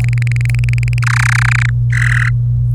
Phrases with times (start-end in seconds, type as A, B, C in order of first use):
0.00-0.98 A, 1.02-1.70 B, 1.93-2.29 C